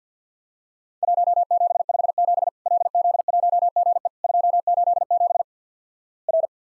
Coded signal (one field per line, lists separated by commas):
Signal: Morse code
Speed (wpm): 51 wpm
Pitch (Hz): 700 Hz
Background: none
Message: 1757 LZ1GE 287 R